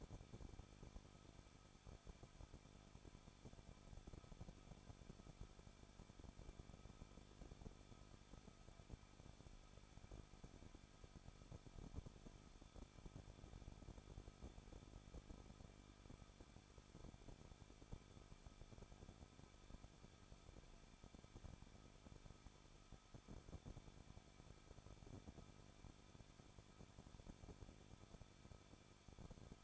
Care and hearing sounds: daily activity, microphone in the room; no activity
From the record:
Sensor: 5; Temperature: 20.8 degrees Celsius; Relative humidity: 38.6%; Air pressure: 1006.5 hPa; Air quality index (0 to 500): 192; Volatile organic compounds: 20 ppm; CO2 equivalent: 2705 ppm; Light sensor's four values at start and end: 2/3/1/1 and 2/3/1/1

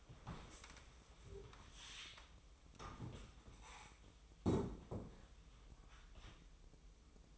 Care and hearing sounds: daily activity, microphone in the room; stand up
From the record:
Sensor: 1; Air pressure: 1005.1 hPa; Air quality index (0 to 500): 123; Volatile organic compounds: 5 ppm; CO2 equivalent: 1717 ppm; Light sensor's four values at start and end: 11/27/11/12 and 11/26/10/11

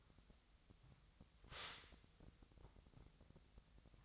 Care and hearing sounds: daily activity, microphone in the room; stop toaster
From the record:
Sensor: 3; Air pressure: 1001.9 hPa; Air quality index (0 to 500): 246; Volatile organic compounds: 49 ppm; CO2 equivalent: 3284 ppm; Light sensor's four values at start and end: 13/40/17/15 and 13/40/17/15

